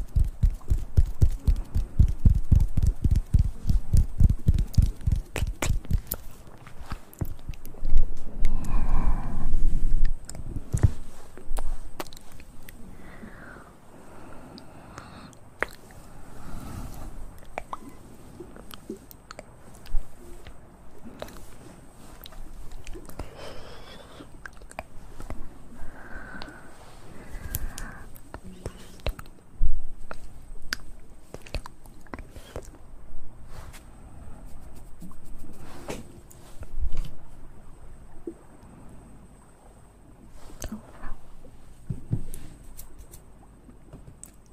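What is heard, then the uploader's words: Mouth sounds: wet clicks, smacks and chewing-like crunches, dense and rough for the first ten seconds, then sparser with occasional breathy murmurs. ASMR Best Mouth Sounds.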